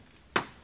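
The unlocked leg of a folding camp table is pushed until its leg lock engages, after being left unlocked by operator error. A single sharp snap at 0.4 s rings out and fades over about a tenth of a second against a quiet background. The leg lock is seated.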